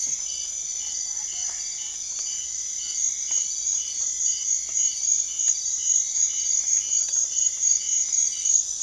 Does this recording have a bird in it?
no